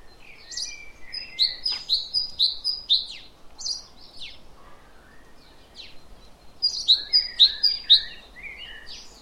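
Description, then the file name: Great tit calls: bright, sharp notes repeated about twice a second in two bursts, with scattered high chirps between them over a soft background hiss. "Parus major"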